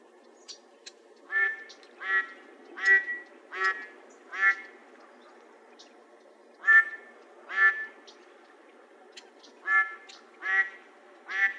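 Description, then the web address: Mallard calling in a run of nasal quacks, in groups of two to five spaced under a second apart, with brief pauses between groups. "Ducks Geese Swans MALL"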